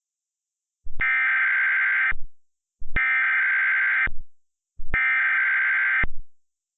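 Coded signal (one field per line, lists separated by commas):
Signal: Emergency Alert System (SAME) tones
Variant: header bursts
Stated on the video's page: Mock EAS alert, not a real broadcast.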